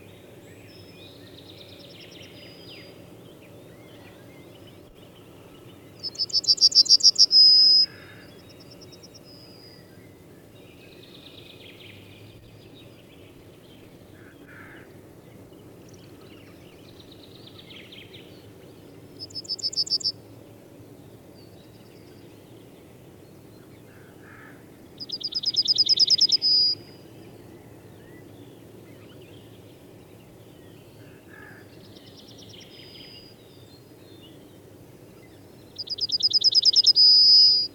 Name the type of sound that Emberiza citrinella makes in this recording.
song